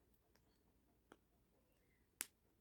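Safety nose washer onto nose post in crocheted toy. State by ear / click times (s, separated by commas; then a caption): seated / 2.2 s. A plastic locking washer is pushed onto the post of a plastic safety nose set in a crocheted teddy bear head. After a faint tick at 1.1 s, it snaps home with a sharp, bright click at 2.2 s, seating the nose securely.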